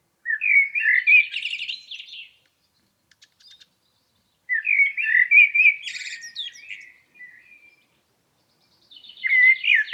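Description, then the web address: Blackbird song phrases repeated roughly every four seconds, each a low fluty warble finishing in a high, scratchy twitter. "Environmental chamber testing blackbird"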